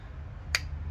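The small plate on a caravan tap's micro switch, which had popped out, is pushed back into the tap's selector housing by hand. Against a low background hum, it gives a single sharp snap at 0.6 s as the plate clicks back into place and is seated.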